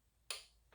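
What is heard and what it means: A torque wrench tightening an air cleaner bolt on a Harley Davidson gives a single sharp, bright click at 0.3 s that decays over about 0.2 s, followed by a fainter tick near 0.7 s. The wrench has clicked at its torque setting, confirming the bolt is torqued.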